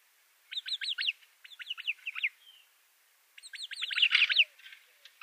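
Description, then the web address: Arabian babbler calls: bursts of quick, high, whistled notes given in short chattering runs with pauses between groups. "Schulze Peter Arabian Babbler"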